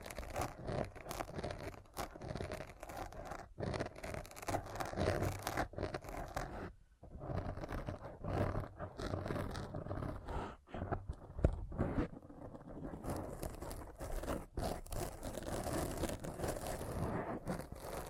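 A thorough scratching sound, dense and rasping, runs almost without a break for the whole stretch. The strokes come in quick, uneven bursts with a gritty, zipper-like texture and a low rumble underneath. Short pauses fall near 7 and 10 seconds.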